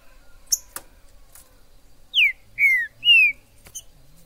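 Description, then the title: Green-winged saltator song: three clear whistled notes that slide downward, a short pause between each, with a few sharp clicks beforehand and after. In the forest: singing, chirping and acting territorial in competition; used to rouse a kept saltator. "TRINCA Piando, Cantando E Macheando Na DISPUTA. TRINCA FERRO no MATO. Trinca ferro MAJOR no MATO"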